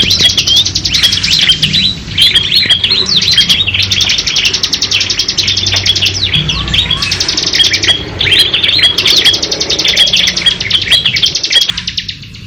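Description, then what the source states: Lovebird delivering long unbroken runs of fast, high, scratchy chattering notes, pausing briefly near two seconds, then resuming until stopping just before the end. Ngekek panjang (long chatter) style.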